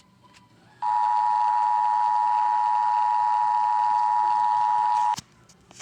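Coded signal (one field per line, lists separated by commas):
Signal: Emergency Alert System (SAME) tones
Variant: 853 and 960 Hz attention tone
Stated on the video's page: Fictional EAS scenario about a nuclear disaster, simulated.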